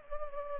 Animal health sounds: mosquito wingbeat signal from an infrared sensor; Culex pipiens

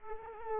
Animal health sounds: mosquito wingbeat signal from an infrared sensor; Culex pipiens

